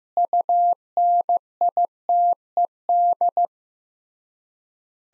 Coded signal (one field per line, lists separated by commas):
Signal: Morse code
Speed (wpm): 15 wpm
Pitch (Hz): 700 Hz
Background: none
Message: UNITED